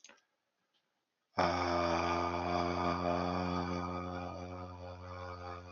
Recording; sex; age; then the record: vowel held as long as possible; male; 30 to 39 years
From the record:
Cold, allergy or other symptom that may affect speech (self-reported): no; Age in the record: 39 years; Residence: Massachusetts, United States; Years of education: 16